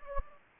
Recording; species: mosquito wingbeat signal from an infrared sensor; Anopheles gambiae